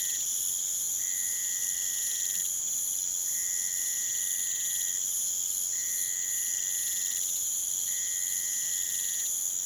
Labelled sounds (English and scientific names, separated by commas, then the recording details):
none
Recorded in pastures near Puerto Asís, Putumayo, Colombia, on 27 June 2025 at 02:30
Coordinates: 0.486, -76.323
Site H29